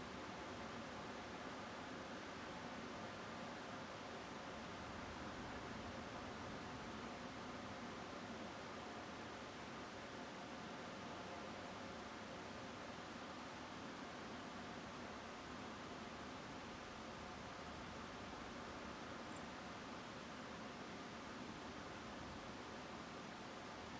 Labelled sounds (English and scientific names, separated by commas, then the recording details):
Song Thrush (Turdus philomelos)
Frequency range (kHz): Song Thrush (Turdus philomelos) 7.2-9.7 kHz
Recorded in France